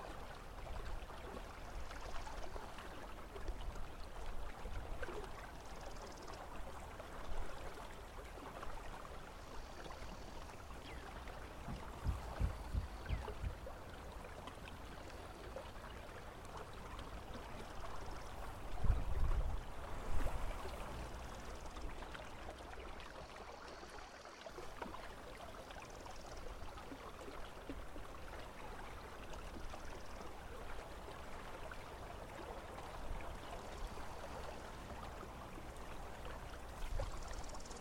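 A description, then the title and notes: A river flows steadily with lapping water and low rumbling, a few knocks around twelve and nineteen seconds, and faint distant music underneath. Distant music w/ river sounds.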